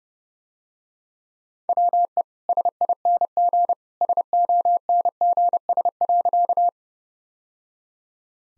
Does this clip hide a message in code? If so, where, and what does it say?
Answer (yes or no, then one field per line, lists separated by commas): yes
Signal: Morse code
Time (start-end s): 1.7-6.7 s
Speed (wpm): 30 wpm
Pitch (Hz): 700 Hz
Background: none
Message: WE SING SONGS.